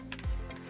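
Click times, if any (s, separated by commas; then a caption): 0.1 s, 0.2 s. The matte black plastic hinged lid of a JLab Go Air Pop earbud charging case is opened and closed. It shuts with sharp ticks at 0.1 s and 0.2 s, followed by a low thump. The lid clicks shut and is seated with a satisfying click.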